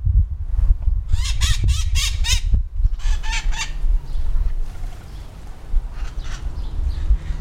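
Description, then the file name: Bird uttering a rapid series of loud harmonic calls, then a second series, against strong low background noise. "SABIOD 50 bird 2015"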